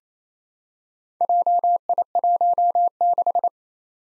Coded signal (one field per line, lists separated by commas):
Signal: Morse code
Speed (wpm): 28 wpm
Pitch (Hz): 700 Hz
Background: none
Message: JI16